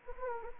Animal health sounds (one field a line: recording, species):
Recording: mosquito wingbeat signal from an infrared sensor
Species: Anopheles gambiae